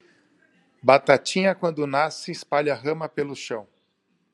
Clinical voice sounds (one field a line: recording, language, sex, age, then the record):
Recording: short text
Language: Brazilian Portuguese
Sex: male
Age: 40 to 49 years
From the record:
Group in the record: control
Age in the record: 40 years